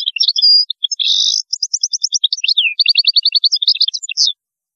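European goldfinch song, continuous rapid twittering with buzzy notes, a rattling series of clipped notes and a down-slurred whistle.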